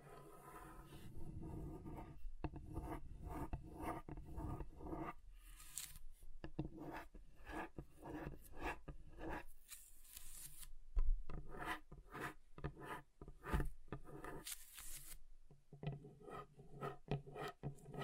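A table is scratched and rubbed across different surfaces, giving a dry, rasping scrape that comes in irregular strokes and bursts. Short sharp scratches punctuate the run, with brief near-silent gaps, and a low rumble underlies the louder passages.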